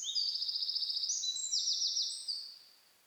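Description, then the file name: Eurasian wren song, fast rattling trills and sharp high notes in quick succession, fading out near the end. "Troglodytes troglodytes"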